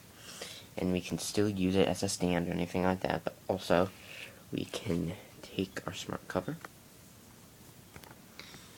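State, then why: Not seated. Someone talks while handling a tablet smart cover and folding it up before it goes onto the back of a Belkin Snap Shield Secure protective case for the iPad 3 and 4. Near the end, after the talking stops, a few faint taps and handling sounds are heard. Nothing has snapped or clicked onto the case yet.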